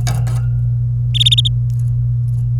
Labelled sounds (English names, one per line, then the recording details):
Domestic Canary song
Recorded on 24 April 2018 at 10:22
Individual llb3